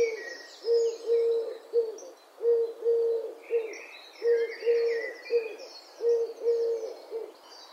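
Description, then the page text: Eurasian collared dove cooing in low three-note phrases, the middle note longest, repeated about every two seconds, with high chirping of other birds in the background. "Голоса птиц - Горлица кольчатая"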